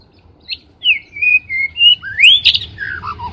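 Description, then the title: Oriental magpie-robin song: a lone high note, then long smooth whistles sliding up and down, ending in a sharp rising note and falling slurs. "kacer"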